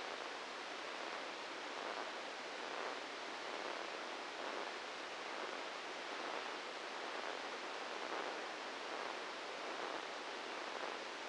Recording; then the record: brain microelectrode recording played as sound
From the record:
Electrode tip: inside the subthalamic nucleus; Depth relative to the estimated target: 0 mm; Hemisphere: right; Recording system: NeuroSet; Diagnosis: Parkinson's disease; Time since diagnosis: 8 years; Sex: male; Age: 59 years